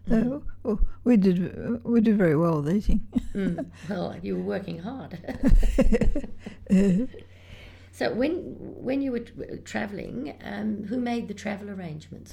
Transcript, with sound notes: So we did — we did very well with eating.
Well you were working hard. [laughter] So when you were travelling, who made the travel arrangements?